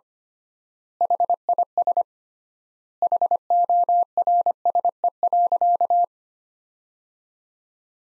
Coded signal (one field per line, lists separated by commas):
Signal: Morse code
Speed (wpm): 25 wpm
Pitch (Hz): 700 Hz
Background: none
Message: HIS HORSE.